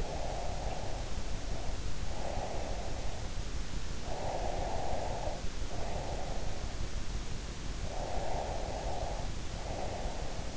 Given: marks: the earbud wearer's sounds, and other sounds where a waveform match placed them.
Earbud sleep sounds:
sounds in sleep by an in-ear microphone; breath
0.00-3.05 s: breath
4.19-6.85 s: breath
8.05-10.57 s: breath

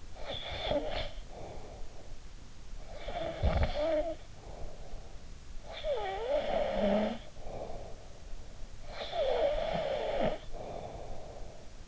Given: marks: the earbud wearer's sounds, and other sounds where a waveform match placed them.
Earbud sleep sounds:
sounds in sleep by an in-ear microphone; snoring breath
0.00-2.17 s: snoring breath
2.69-5.29 s: snoring breath
5.46-8.48 s: snoring breath
8.71-11.88 s: snoring breath

